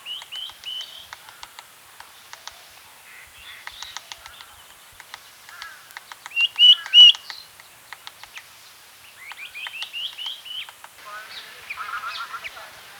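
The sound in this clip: Common woodshrike calling: scattered short rising whistles in quick bursts, mixed with soft ticking clicks and other faint chirps throughout.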